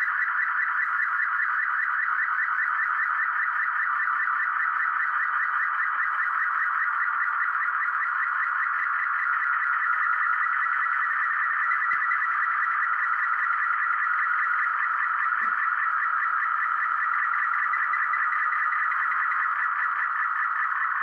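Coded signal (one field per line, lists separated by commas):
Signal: multi-tone FSK (Olivia or MFSK type)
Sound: continuous warbling, burbling digital tones hopping rapidly in a narrow midrange band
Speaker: so now let's see if this works i'm going to hit the transmit button and be quiet for a little while so i don't disrupt the transmission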